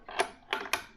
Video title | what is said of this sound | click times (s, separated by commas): Restoring a Gadget Geocache | and you hear it click and it's latched right now there's no way to open this up | 0.5 s, 0.7 s